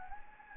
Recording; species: mosquito wingbeat signal from an infrared sensor; Anopheles gambiae